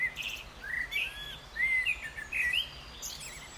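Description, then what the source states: Eurasian blackcap song: short bursts of clear, fluty warbled whistles mixed with scratchy notes, separated by brief pauses. Male song, a scratchy first half followed by a fluty second half; a spliced-in sample.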